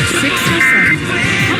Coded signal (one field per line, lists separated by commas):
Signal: Emergency Alert System (SAME) tones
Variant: end-of-message bursts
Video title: IPAWS and Sacramento Tests (EAS #481-494) 7/1/24